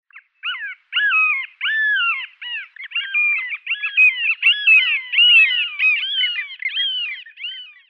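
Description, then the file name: Long-tailed jaeger calls: nasal, squealing notes with curved, bending harmonics, tumbling quickly one after another and overlapping more densely after about three seconds. "Falkenraubmoewe Stercorarius longicaudus"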